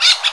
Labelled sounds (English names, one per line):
Brown-throated Parakeet contact call